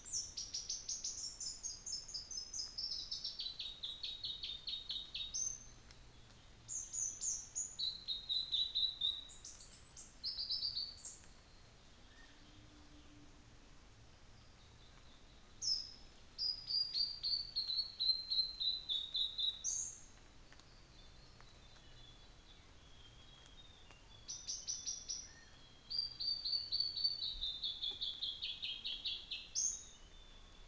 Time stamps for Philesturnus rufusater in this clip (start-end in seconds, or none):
none